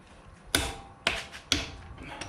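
A click-type torque wrench set to 83 ft-lb tightens the lug nuts on a 2016 Toyota Tacoma truck wheel during a tire rotation. Three sharp metallic clicks land at about 0.6, 1.1 and 1.5 seconds, followed by a faint tick near 2.2 seconds. The wrench clicks at the set torque, confirming the nuts are at spec because the impact wrench had already tightened them nearly there.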